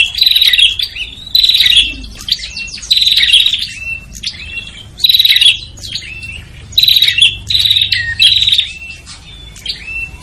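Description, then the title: Prinia calls: loud buzzy bursts with metallic trilled notes, about six clusters over ten seconds, separated by softer twittering and short whistled slurs. Noisy prinia calls used as a lure to attract prinias, including red-headed and visiting birds. "Suara Prenjak Ribut Buat Pikat Burung Prenjak Kepala Merah Prenjak Tamu"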